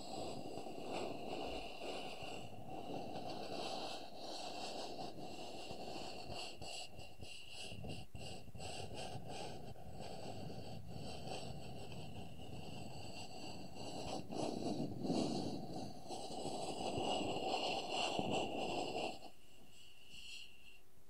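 Wooden objects scrape and tap in a dense, steady rustle for about nineteen seconds with scattered sharp knocks, then it suddenly drops to a quieter hum.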